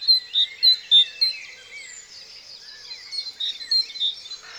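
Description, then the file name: Great tit giving quick, clear repeated notes in two bursts, a pause between them, with soft high twittering from other birds in the background. "Parus major"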